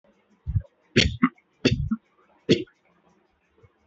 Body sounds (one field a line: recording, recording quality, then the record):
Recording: shallow voluntary cough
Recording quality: moderate, slight background noise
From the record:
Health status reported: healthy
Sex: male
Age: 59 years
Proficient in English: yes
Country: India